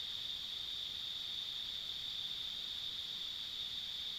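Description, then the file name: Insects trilling in a steady, unbroken high-pitched drone with a fainter higher band above, no pauses, over low background hiss. Ambient insect sounds along a rural country road. "田舎道の虫の環境音"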